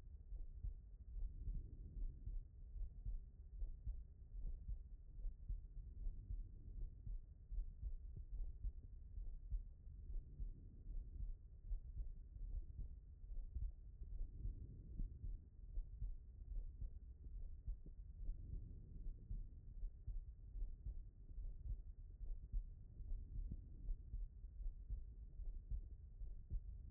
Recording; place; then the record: heart sounds by stethoscope; pulmonary valve (PV)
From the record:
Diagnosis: non-HFrEF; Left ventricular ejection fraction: 60%